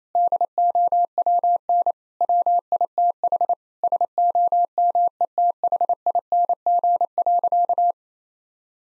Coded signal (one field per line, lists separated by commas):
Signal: Morse code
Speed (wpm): 27 wpm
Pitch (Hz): 700 Hz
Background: none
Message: DOWN WITH SOMETHING.